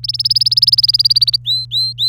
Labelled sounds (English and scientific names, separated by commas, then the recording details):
Domestic Canary (Serinus canaria) song
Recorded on 26 April 2018 at 15:17
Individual llb3